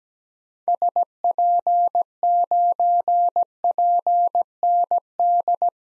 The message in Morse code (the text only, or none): SP9PND